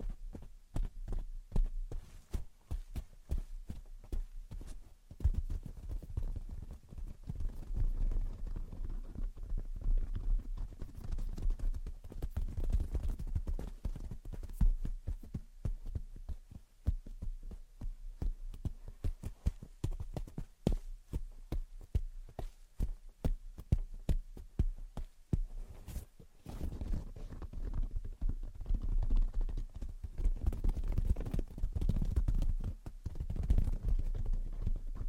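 Gentle tapping and scratching runs through the whole stretch, a dense, irregular patter of light knocks with soft scraping in between. A low rumble sits underneath throughout, and the taps come in busier clusters around the middle and again near the end.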